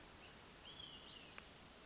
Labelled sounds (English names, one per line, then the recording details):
Olive-sided Flycatcher
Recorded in Sonoma County, California